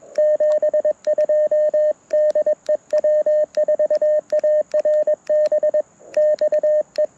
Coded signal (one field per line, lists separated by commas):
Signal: Morse code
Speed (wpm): 21 wpm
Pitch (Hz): 1800 Hz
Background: radio noise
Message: 72 DE W4ARB XE